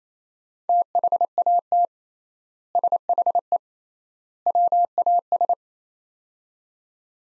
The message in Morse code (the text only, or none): THAT SHE WAS